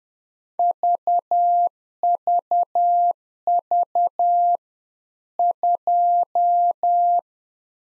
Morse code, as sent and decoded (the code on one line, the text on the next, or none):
...- ...- ...- / ..---
VVV 2